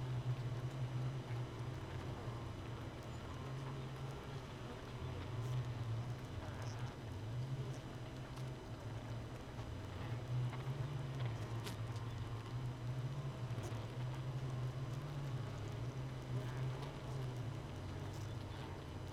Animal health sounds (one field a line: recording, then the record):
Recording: honeybee colony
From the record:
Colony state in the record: missing queen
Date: 31 May 2018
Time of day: 5:04